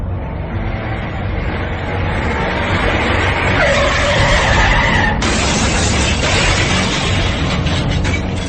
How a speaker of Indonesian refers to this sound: Karena sang supir mengerim mendadak membuat muatannya lepas ke belakang dan menusuk dua orang yang ada di mobil belakang truk itu.